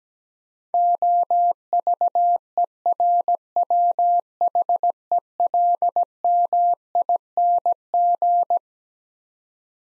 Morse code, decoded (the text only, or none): OVERWHELMING